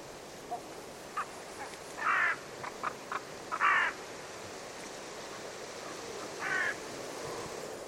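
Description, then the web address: Bird calls, three harsh raspy caws spaced irregularly, with scattered short clicks and ticks in between against a constant background hiss. "Bird Only"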